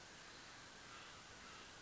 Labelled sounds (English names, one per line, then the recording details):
Mountain Quail
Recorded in Sonoma County, California